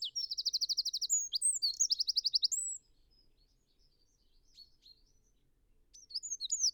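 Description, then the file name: Eurasian wren song: ringing rapid trills and twittering notes for nearly three seconds, faint high chirps after that, then another loud outburst starting near the end. "Troglodytes troglodytes"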